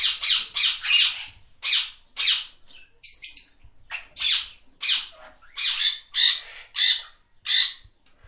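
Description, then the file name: Parrot giving a steady stream of harsh, raspy squawks, roughly one or two each second, some doubled, with a few softer chattering notes mixed in. "birds sounds parrots"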